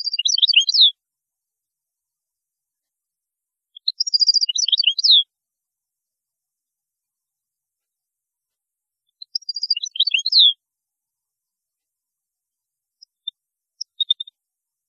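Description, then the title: European goldfinch song: three rapid, liquid twittering phrases, each about a second long and spaced roughly five seconds apart, followed by a few scattered high notes. "Chant Chardonneret"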